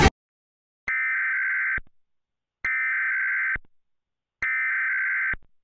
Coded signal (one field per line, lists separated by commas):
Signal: Emergency Alert System (SAME) tones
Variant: header bursts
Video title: EAS:”The Great West Coast Shakeout Exercise” #SupportSPCLouisville157